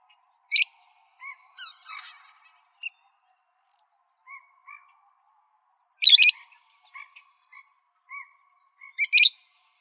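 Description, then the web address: Parrot calls: three harsh, broad screeches spaced a few seconds apart, the last a doubled burst, among soft tonal notes. "Parrots AZFO deviche"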